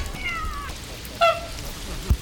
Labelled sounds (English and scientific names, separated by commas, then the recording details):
Upland Goose (Chloephaga picta) call, Mallard (Anas platyrhynchos), Common Eider (Somateria mollissima), Canada Goose (Branta canadensis), Great Cormorant (Phalacrocorax carbo)
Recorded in captivity
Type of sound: call
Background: Anas platyrhynchos, Somateria mollissima, Branta canadensis, Phalacrocorax carbo
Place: Zoo Halle, Sachsen-Anhalt, DE
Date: 1997-03-22 16:53
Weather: Schnee bis Regen, um 0°C
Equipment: Sony MD-WM MZ-R3, Sennheiser MKH 416 T, Kopie Uher 4000 Report Monitor
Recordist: Tembrock, Günter
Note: Männchen: Rufreihe, daneben Stockente (Aufnahme